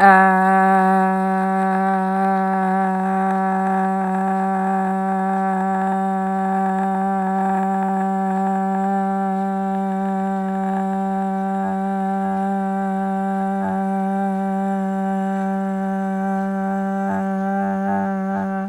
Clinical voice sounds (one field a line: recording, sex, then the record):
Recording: sustained vowel /a/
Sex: female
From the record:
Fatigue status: no fatigue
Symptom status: symptomatic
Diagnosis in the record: COVID-19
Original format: m4a